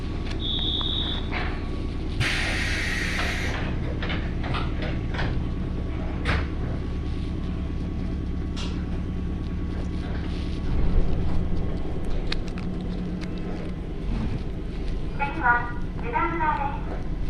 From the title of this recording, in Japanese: 井原鉄道 道上→神辺→備中呉妹